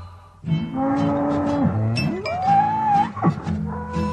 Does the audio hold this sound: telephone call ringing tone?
no